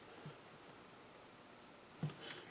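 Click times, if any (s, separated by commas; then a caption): none. A click-type torque wrench is pulled on a small-engine cylinder head bolt to check its torque, but it never reaches its click and the pulling stops. Over a quiet, steady hiss there is a faint low thump near 0.3 s and a short, louder low knock near 2.0 s, followed by a soft rustle. The wrench has not clicked yet.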